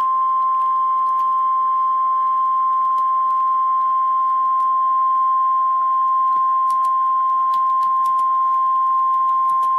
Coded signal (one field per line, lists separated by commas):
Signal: Emergency Alert System (SAME) tones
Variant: 1050 Hz attention tone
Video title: REAL EAS 509-Severe thunderstorm warning